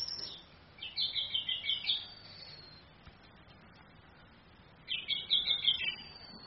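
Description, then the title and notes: Orange-headed thrush song: two bursts of rapid, high, chattering notes, one near the start and one later, with quiet background hiss between. Female bird; song used as a training (masteran) recording for other birds, played through a mobile phone screen. "ANIS KEMBANG BETINA CAS DENGAN LAYAR HP. Masteran Anis Kembang"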